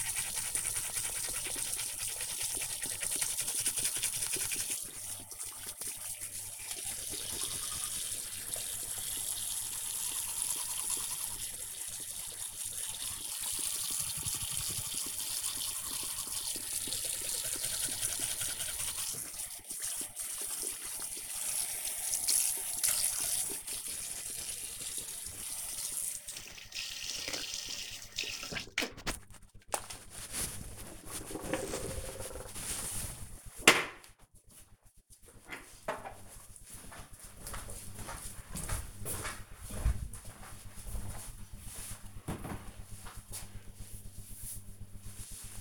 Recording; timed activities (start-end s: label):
household activities, microphone on the right wrist
0.00-29.93 s: brushing teeth